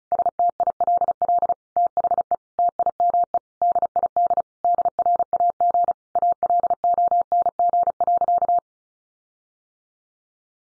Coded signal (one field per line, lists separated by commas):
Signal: Morse code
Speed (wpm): 34 wpm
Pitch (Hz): 700 Hz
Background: none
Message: STILL THE TIME DID DRAG ALONG.